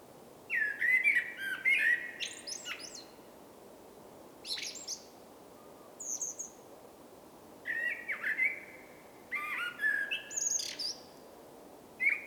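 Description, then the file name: Common blackbird delivering several fluted, warbling phrases mixed with high squeaky notes and brief twitters, with short pauses between phrases. "Turdus merula"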